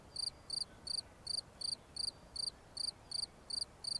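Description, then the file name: Cricket chirps, each a tight cluster of shrill pulses, about eleven in four seconds, above quiet background noise. "Grillons"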